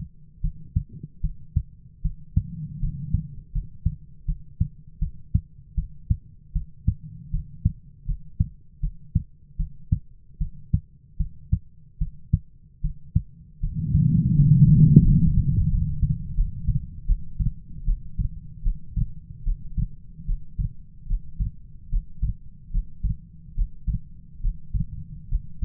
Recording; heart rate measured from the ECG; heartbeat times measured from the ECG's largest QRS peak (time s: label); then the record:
heart sounds by stethoscope; 77 bpm
0.42 s: heartbeat
1.22 s: heartbeat
2.02 s: heartbeat
2.80 s: heartbeat
3.52 s: heartbeat
4.26 s: heartbeat
5.00 s: heartbeat
5.76 s: heartbeat
6.53 s: heartbeat
7.31 s: heartbeat
8.06 s: heartbeat
8.81 s: heartbeat
9.57 s: heartbeat
10.39 s: heartbeat
11.18 s: heartbeat
11.99 s: heartbeat
12.82 s: heartbeat
13.61 s: heartbeat
14.35 s: heartbeat
15.03 s: heartbeat
15.69 s: heartbeat
16.35 s: heartbeat
17.06 s: heartbeat
17.85 s: heartbeat
18.62 s: heartbeat
19.44 s: heartbeat
20.25 s: heartbeat
21.07 s: heartbeat
21.89 s: heartbeat
22.71 s: heartbeat
23.55 s: heartbeat
24.41 s: heartbeat
25.29 s: heartbeat
From the record:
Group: healthy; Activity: rest 0-16 s, breath hold 16-26 s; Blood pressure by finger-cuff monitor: 130/74 mmHg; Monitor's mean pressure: 96 mmHg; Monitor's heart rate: 75 bpm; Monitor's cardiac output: 7.5 L/min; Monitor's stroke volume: 97 mL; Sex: female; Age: 22 years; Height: 161 cm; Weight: 65.5 kg